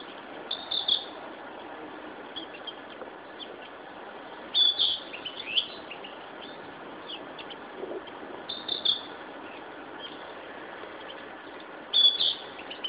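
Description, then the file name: Narcissus flycatcher song: brief whistled, warbling phrases repeated roughly every four seconds against constant background hiss. Recorded 26 May 2011. "Ficedula narcissina"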